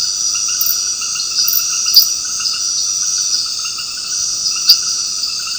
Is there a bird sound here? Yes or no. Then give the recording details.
no. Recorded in dense forest near Puerto Asís, Putumayo, Colombia, on 9 March 2025 at 19:00. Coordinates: 0.486, -76.317. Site G053